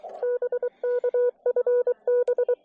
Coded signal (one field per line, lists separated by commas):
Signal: Morse code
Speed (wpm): 23 wpm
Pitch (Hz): 490 Hz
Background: none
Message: BK FB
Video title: POTA from Balsam Lake Mountain